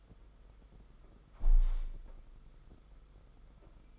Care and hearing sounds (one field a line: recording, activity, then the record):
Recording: daily activity, microphone in the room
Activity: close window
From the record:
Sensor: 5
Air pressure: 991.4 hPa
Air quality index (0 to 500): 108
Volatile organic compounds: 24 ppm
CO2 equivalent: 2818 ppm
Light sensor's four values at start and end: 39/126/48/51 and 39/126/47/51